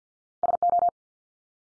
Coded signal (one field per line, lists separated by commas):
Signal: Morse code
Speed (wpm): 50 wpm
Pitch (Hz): 700 Hz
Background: none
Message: SO